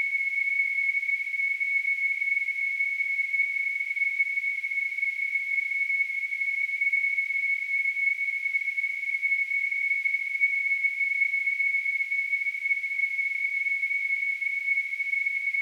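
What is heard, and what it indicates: A simulated tinnitus sound: a steady, continuous high-pitched tone at about 2 kHz with a faint hiss above it, holding the same loudness throughout, with no speech or other sounds.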